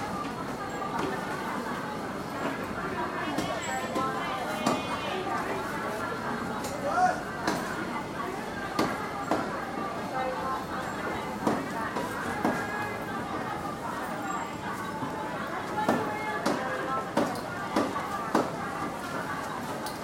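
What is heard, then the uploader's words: A Hong Kong street beside a wet market, with a constant murmur of voices and hawkers calling out their goods. Sharp knocks and chopping sounds break through every second or so, and a low traffic rumble runs underneath the whole time. Hong Kong-and its three wet markets.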